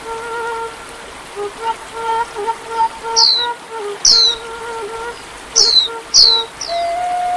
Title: Kicau Kacer